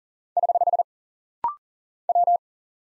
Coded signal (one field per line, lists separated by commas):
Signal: Morse code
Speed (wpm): 40 wpm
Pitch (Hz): 700 Hz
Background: none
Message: <HH> W